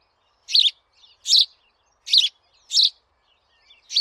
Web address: Sounds housesparrow